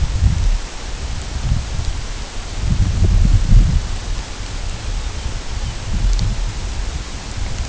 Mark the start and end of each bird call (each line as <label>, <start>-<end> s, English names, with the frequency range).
Lapland Longspur (2.9-4.0 kHz), 4.92-5.75 s